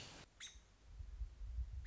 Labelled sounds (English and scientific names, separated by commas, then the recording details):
American Robin (Turdus migratorius)
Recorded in Sonoma County, California